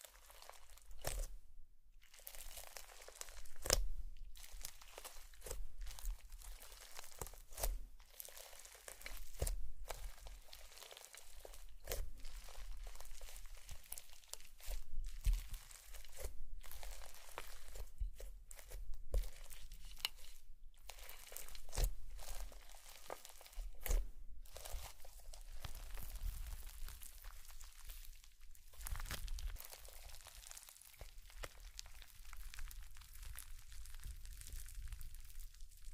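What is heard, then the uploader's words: Slime being squeezed and worked, making a run of wet crackles, pops and crinkly squelches that come every second or so and sometimes bunch together. The sound is mostly bright and sticky with a soft low rumble underneath, and it stays busy throughout. Slime Sounds.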